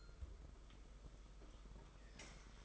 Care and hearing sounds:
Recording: daily activity, microphone in the room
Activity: take from stove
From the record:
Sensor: 5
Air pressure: 991.3 hPa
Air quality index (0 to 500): 91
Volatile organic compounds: 11 ppm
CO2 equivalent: 2299 ppm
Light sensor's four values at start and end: 33/104/40/42 and 33/105/40/43

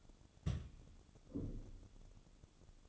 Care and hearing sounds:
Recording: daily activity, microphone in the room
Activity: place on stove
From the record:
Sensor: 4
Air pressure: 1008.9 hPa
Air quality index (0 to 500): 141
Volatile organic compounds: 2 ppm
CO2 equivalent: 1023 ppm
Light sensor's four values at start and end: 12/28/11/10 and 12/28/11/10

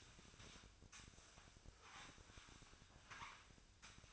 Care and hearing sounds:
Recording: daily activity, microphone in the room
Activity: sweep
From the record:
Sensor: 2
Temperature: 24.5 degrees Celsius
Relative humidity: 39.5%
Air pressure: 1003.0 hPa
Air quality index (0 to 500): 199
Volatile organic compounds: 6 ppm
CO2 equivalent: 1891 ppm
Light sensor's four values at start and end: 11/26/11/12 and 11/26/11/12

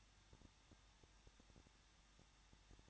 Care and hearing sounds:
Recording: daily activity, microphone in the room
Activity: no activity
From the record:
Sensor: 3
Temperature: 21.2 degrees Celsius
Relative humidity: 36.3%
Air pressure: 1006.3 hPa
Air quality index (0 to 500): 222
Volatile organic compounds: 41 ppm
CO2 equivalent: 3165 ppm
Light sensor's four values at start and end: 2/3/2/2 and 2/3/2/2

